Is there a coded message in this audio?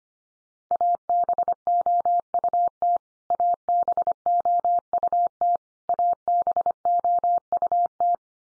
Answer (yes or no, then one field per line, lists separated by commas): yes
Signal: Morse code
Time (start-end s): 0.7-8.1 s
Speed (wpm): 25 wpm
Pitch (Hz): 700 Hz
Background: none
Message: ABOUT ABOUT ABOUT